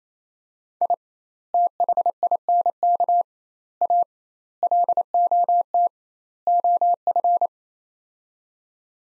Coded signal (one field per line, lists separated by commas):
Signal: Morse code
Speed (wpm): 28 wpm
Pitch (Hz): 700 Hz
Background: none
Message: I THINK A LOT OF